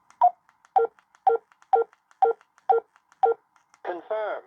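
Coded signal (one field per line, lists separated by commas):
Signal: none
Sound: radio's key press beep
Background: speech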